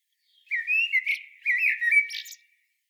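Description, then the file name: Common blackbird giving one flowing whistled phrase of low fluted notes broken by squeaky, buzzy high twitters. "Turdus merula"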